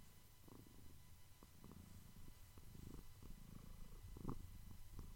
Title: ASMR Cat Meows for Deep Relaxation and Sleep